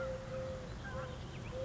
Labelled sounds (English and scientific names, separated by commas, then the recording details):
Eurasian Collared Dove (Streptopelia decaocto)
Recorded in Sonoma County, California